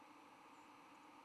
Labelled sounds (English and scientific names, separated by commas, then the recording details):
White-throated Sparrow (Zonotrichia albicollis) flight call
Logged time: 07:43 on 10 November 2014